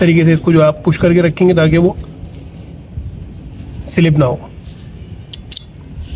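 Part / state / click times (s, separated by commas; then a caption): MC4 contact pin in ratcheting crimp tool / torque reached / 5.3 s, 5.5 s, 5.6 s. A solar MC4 contact pin on DC wire is squeezed fully in a ratcheting crimp tool, which locks and then releases, leaving the pin perfectly crimped. Someone talks first, then short sharp clicks are heard at 5.3, 5.5 and 5.6 seconds as the tool ratchets through.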